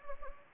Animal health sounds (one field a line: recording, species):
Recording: mosquito wingbeat signal from an infrared sensor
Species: Anopheles gambiae